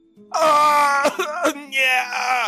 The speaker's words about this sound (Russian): От послышавшегося леденящего, полного невыносимой боли крика, сердце забилось вдвое быстрее, а в жилах едва не застыла кровь.